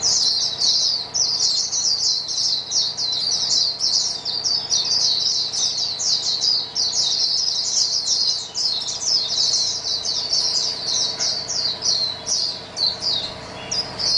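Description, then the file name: White-eyes singing together, an unbroken stream of rapid, high, sweet chirps and trills overlapping for the whole stretch, with a steady faint background hiss. Many white-eyes singing together as a chorus; known locally as pleci. "paduan suara pleci"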